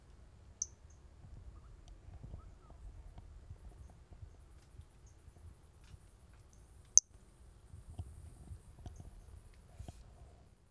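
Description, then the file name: Brachycephalus albolineatus giving two brief, high-pitched notes, one near the start and one later, over a soft low rumbling background with scattered faint clicks. Recorded 4 February 2016. "Brachycephalus albolineatus 160204"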